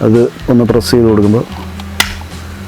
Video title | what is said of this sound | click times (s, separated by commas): Unboxing And Using The Portronics Mobike 2 Bike Mount - Your Ultimate Bike Mobile Holder Guide! | ടക്ക് നല്ലൊരു sound കേൾക്കും. | 2.0 s